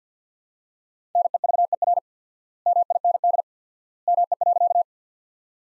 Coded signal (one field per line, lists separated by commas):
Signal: Morse code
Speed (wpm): 48 wpm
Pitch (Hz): 700 Hz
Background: none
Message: NEVER MIND ME.